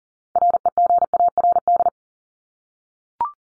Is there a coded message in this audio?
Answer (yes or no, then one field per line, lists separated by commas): yes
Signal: Morse code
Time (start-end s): 0.4-1.9 s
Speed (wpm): 40 wpm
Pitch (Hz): 700 Hz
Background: none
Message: REGARD